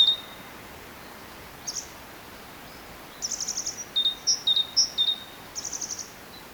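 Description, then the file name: Great tit with a few buzzy rattling calls, then a short series of clear high-low two-note song phrases, another buzzy call at the end. "Parus major"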